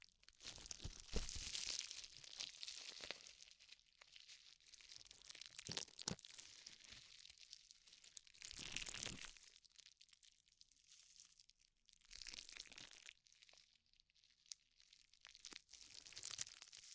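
Ear exploration sounds: crinkly, crunchy scratching and rubbing in uneven bursts, with louder sweeps near the start, at nine seconds, and around twelve.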